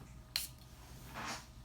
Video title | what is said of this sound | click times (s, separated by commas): Dua Caribbean Supernova - Fragrance Review - Roja Elysium & Creed Virgin Island Water | the way the sticker wraps around cap does click into place they do have a fantastic atomizer on boy | 0.4 s